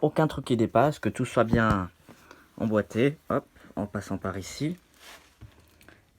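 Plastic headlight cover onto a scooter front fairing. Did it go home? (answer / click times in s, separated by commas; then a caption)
no / none. During reassembly, a plastic headlight cover is guided into place on a scooter's front fairing and lined up so nothing sticks out and everything fits. Someone talks for most of the clip, followed by only faint handling sounds. Nothing has clicked or seated yet; the final clipping comes afterwards.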